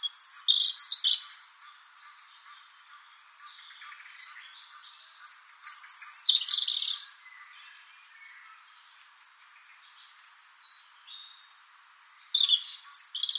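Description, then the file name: European robin song: three short bursts of high, thin warbling and trilled notes, each around a second and a half long, separated by quiet pauses of several seconds. "Erithacus rubecula"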